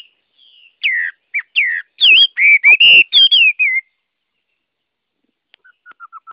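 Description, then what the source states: Chinese hwamei song, a run of bright wavering and falling whistles lasting about three seconds, followed by quiet and a few faint soft notes. Song in the style called "giọng rừng" (forest voice).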